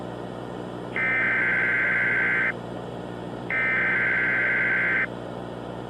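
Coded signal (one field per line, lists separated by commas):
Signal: Emergency Alert System (SAME) tones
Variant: header bursts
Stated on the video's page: Fictional EAS scenario.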